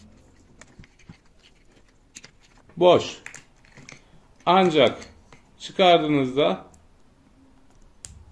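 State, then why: Seated. A part, possibly a charging-cable-related piece, drops into its socket once whatever was blocking it is removed. Someone talks over a quiet background with a few faint ticks, then a single sharp click is heard at 8.1 s as the part seats in place.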